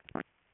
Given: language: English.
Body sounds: throat vibration sensor signal played as sound; swallow

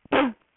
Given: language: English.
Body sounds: throat vibration sensor signal played as sound; cough

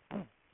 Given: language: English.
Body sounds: throat vibration sensor signal played as sound; throat clearing

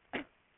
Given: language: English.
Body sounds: throat vibration sensor signal played as sound; cough

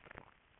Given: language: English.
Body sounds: throat vibration sensor signal played as sound; swallow

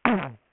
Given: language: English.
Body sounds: throat vibration sensor signal played as sound; throat clearing

